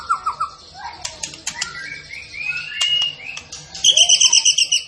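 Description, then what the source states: Zebra finch delivering a varied rush of whistles, slurred notes and chirps, finishing with a fast repeated high stuttering trill, over faint background hum. Masteran (tutor) recording of a vigorously singing (gacor) bird.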